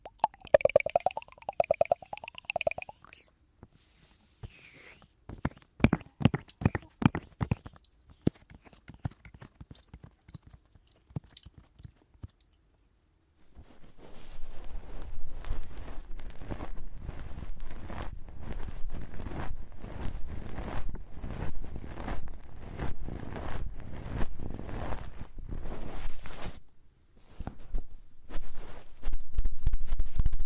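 Close ear-eating sounds open with a brief hum-like vocal tone, then sparse wet clicks and smacks through the first dozen seconds. After a short silence, a dense stream of crackling, moist mouth noises runs close to the microphone over a low rumble, briefly dipping near the end.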